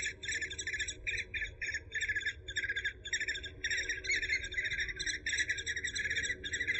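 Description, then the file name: Eurasian hobby chirps in quick repeated bursts, bright and slightly buzzy, broken by short gaps, continuing almost without pause over a faint low rumble. "suara alap walet"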